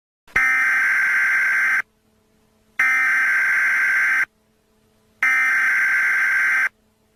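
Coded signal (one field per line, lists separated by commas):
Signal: Emergency Alert System (SAME) tones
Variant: header bursts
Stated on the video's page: Fictional EAS scenario.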